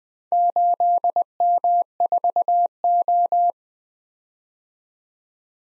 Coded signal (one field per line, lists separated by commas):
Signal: Morse code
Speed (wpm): 20 wpm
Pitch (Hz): 700 Hz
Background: none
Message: 8M4O